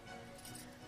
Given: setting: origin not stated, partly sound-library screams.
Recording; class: one-second piece from a danger detection set; normal situation